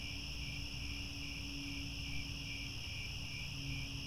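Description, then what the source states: Steady cricket chorus, several high trills overlapping with slight pulsing, plus a faint low steady tone and rumble. Chorus of crickets chirping at twilight as the sun sets, with stars overhead.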